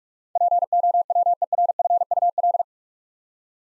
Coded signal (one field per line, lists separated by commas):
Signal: Morse code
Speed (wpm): 44 wpm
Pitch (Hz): 700 Hz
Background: none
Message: POWERFUL